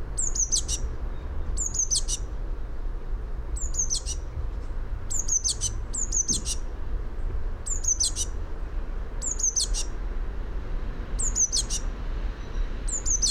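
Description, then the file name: Eurasian blue tit calling: a thin downslurred whistle followed by a buzzy burst, repeated many times at irregular intervals, with low rumble behind. "Cyanistes caeruleus"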